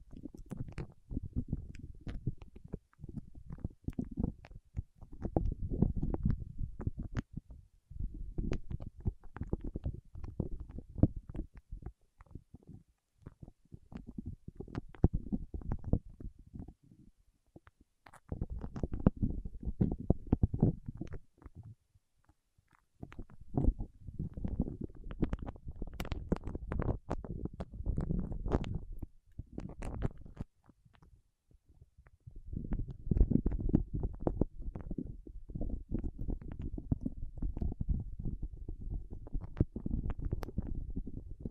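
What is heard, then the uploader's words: Wax fingertips rub and press in bursts a few seconds long, separated by short pauses. Each pass is a deep, muffled rumble threaded with dense sticky crackles and clicks. Clear gaps fall near 18, 21 and 31 seconds. ASMR with Wax Fingertips for Sleep (No Talking).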